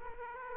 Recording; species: mosquito wingbeat signal from an infrared sensor; Aedes aegypti